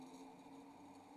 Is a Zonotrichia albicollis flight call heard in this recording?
no